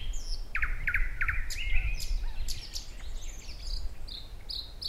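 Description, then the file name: Thrush nightingale song: a triple burst of hard knocking notes, then sweeping whistles and high chips, with low rumbling noise throughout. "Naktergal"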